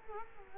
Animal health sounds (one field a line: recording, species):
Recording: mosquito wingbeat signal from an infrared sensor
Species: Culex quinquefasciatus